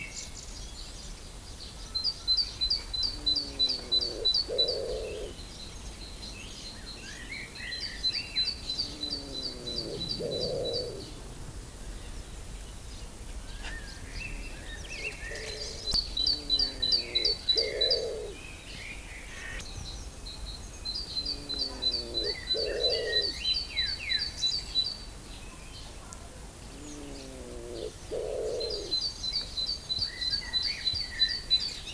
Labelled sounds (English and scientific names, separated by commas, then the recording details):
Common Wood Pigeon (Columba palumbus) call
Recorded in the wild
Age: adult
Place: Lübars (Fließtal), Berlin, DE
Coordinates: 52.6167, 13.35
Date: 2001-04-28 11:24
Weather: fair, ca. 15°C
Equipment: Nagra SN, Kopie Uher 4000 Report Monitor
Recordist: Tembrock, Günter